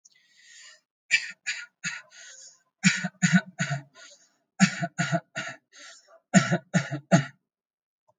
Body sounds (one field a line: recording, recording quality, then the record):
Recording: shallow voluntary cough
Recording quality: excellent, no background noise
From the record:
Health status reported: healthy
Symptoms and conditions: none ticked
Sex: male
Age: 32 years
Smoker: not ticked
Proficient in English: yes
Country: India